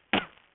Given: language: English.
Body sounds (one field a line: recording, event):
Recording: throat vibration sensor signal played as sound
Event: cough